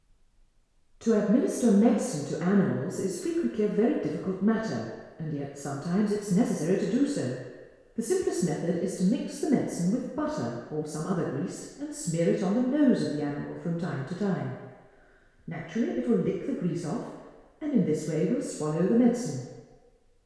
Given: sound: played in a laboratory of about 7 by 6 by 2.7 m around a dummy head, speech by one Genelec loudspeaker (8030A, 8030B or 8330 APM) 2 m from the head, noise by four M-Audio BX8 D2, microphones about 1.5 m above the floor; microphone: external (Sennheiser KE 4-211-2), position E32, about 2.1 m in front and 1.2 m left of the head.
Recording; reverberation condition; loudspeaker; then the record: female speech in English; high; 30 degrees to the left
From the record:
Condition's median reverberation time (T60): about 1300 ms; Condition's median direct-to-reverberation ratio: about -4.0 dB